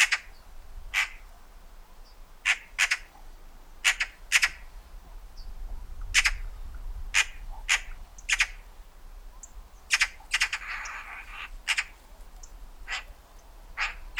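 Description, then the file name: Eurasian magpie harsh calls, short rasping notes repeated in pairs and singles roughly every second, with a steady low hum behind. "Pica pica"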